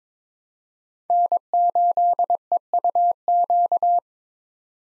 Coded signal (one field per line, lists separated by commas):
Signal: Morse code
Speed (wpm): 21 wpm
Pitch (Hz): 700 Hz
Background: none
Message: N8EUQ